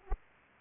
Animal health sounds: mosquito wingbeat signal from an infrared sensor; Aedes aegypti

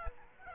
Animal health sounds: mosquito wingbeat signal from an infrared sensor; Aedes aegypti

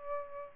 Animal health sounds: mosquito wingbeat signal from an infrared sensor; Aedes albopictus

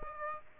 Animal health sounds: mosquito wingbeat signal from an infrared sensor; Aedes aegypti

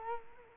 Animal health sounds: mosquito wingbeat signal from an infrared sensor; Culex quinquefasciatus

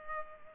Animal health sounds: mosquito wingbeat signal from an infrared sensor; Culex pipiens

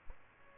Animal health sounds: mosquito wingbeat signal from an infrared sensor; Aedes albopictus

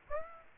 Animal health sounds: mosquito wingbeat signal from an infrared sensor; Aedes aegypti

